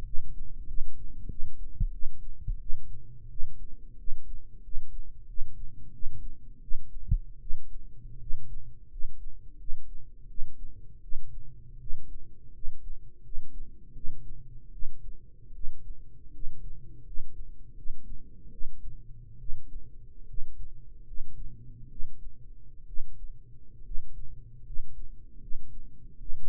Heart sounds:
heart sounds by microphone in the right ear; 80 bpm
0.02 s: heartbeat
0.65 s: heartbeat
1.27 s: heartbeat
1.90 s: heartbeat
2.57 s: heartbeat
3.27 s: heartbeat
3.95 s: heartbeat
4.60 s: heartbeat
5.25 s: heartbeat
5.90 s: heartbeat
6.59 s: heartbeat
7.38 s: heartbeat
8.17 s: heartbeat
8.87 s: heartbeat
9.56 s: heartbeat
10.26 s: heartbeat
10.99 s: heartbeat
11.77 s: heartbeat
12.51 s: heartbeat
13.20 s: heartbeat
13.92 s: heartbeat
14.69 s: heartbeat
15.51 s: heartbeat
16.30 s: heartbeat
17.02 s: heartbeat
17.73 s: heartbeat
18.48 s: heartbeat
19.36 s: heartbeat
20.25 s: heartbeat
21.03 s: heartbeat
21.86 s: heartbeat
22.84 s: heartbeat
23.81 s: heartbeat
24.61 s: heartbeat
25.37 s: heartbeat
26.16 s: heartbeat
From the record:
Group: healthy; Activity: rest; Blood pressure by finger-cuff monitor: 108/55 mmHg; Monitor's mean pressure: 67 mmHg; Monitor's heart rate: 81 bpm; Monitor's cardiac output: 9.3 L/min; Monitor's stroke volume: 116 mL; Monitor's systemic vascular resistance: 510 dyn s/cm5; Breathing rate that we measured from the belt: 15 breaths a minute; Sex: male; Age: 22 years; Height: 185 cm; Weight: 112.4 kg

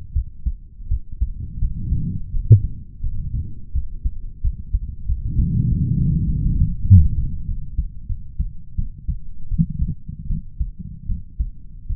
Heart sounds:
heart sounds by stethoscope; 87 bpm
0.13 s: heartbeat
0.88 s: heartbeat
1.58 s: heartbeat
2.30 s: heartbeat
3.00 s: heartbeat
3.72 s: heartbeat
4.41 s: heartbeat
5.05 s: heartbeat
5.68 s: heartbeat
6.27 s: heartbeat
6.85 s: heartbeat
7.45 s: heartbeat
8.06 s: heartbeat
8.75 s: heartbeat
9.48 s: heartbeat
10.27 s: heartbeat
11.06 s: heartbeat
11.86 s: heartbeat
From the record:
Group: healthy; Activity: cold pressor test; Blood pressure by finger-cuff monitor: 100/68 mmHg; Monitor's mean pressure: 79 mmHg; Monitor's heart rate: 86 bpm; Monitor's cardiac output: 6.4 L/min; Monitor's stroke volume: 74 mL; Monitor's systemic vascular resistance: 850 dyn s/cm5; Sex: male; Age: 20 years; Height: 187 cm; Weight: 68.9 kg

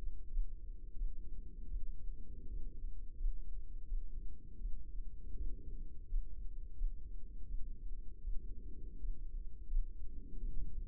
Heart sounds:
heart sounds by microphone in the left ear; 83 bpm
0.27 s: heartbeat
0.93 s: heartbeat
1.66 s: heartbeat
2.46 s: heartbeat
3.14 s: heartbeat
3.84 s: heartbeat
4.57 s: heartbeat
5.34 s: heartbeat
6.04 s: heartbeat
6.72 s: heartbeat
7.44 s: heartbeat
8.20 s: heartbeat
8.97 s: heartbeat
9.65 s: heartbeat
10.35 s: heartbeat
From the record:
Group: healthy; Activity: rest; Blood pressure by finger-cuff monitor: 130/91 mmHg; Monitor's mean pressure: 102 mmHg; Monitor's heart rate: 84 bpm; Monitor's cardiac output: 5.9 L/min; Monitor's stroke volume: 70 mL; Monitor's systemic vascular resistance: 1280 dyn s/cm5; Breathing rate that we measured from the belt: 20 breaths a minute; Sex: male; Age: 21 years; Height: 180 cm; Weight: 67.5 kg

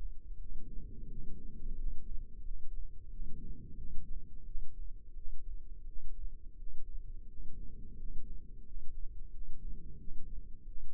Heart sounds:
heart sounds by microphone in the left ear; 87 bpm
0.36 s: heartbeat
1.06 s: heartbeat
1.74 s: heartbeat
2.41 s: heartbeat
3.08 s: heartbeat
3.75 s: heartbeat
4.43 s: heartbeat
5.13 s: heartbeat
5.84 s: heartbeat
6.55 s: heartbeat
7.26 s: heartbeat
7.95 s: heartbeat
8.63 s: heartbeat
9.30 s: heartbeat
9.97 s: heartbeat
10.65 s: heartbeat
From the record:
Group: healthy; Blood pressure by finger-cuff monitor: 115/74 mmHg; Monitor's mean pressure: 86 mmHg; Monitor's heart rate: 87 bpm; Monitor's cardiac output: 7.7 L/min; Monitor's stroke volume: 90 mL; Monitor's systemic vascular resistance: 830 dyn s/cm5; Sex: male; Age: 33 years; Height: 179 cm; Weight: 80.4 kg

